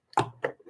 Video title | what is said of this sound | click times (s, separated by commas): RADIOAMADOR 1ªEd. 15/2/2023 "AULA 16 CW, LEGIS e C.RODADA" PY2EXU PAULO SP/SP CRASP FM 146.410 Mhz. | let's take this back on Clicks in place | 0.2 s, 0.5 s